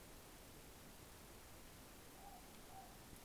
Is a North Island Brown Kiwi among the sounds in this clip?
no